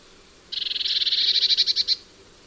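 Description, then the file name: Eurasian blue tit giving a single dry, buzzy churr, a rapid rattle of ticking pulses lasting about one and a half seconds, growing slightly louder before stopping. "Cyanistes caeruleus"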